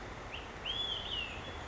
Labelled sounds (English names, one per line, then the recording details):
Olive-sided Flycatcher
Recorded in Sonoma County, California